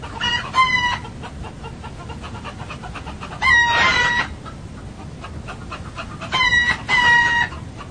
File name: galli cantano da gallina 2 ott 2007